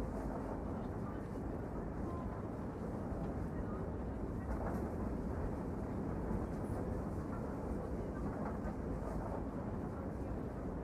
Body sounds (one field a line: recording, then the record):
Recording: background sound without coughing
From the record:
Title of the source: Train Ride Ambience ambient white noise for sleeping, focus, studying, reading